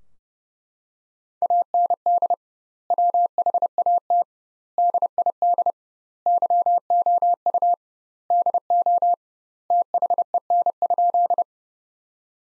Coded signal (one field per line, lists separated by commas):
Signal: Morse code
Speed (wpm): 30 wpm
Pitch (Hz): 700 Hz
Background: none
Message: AND WHAT DID YOU DO THEN?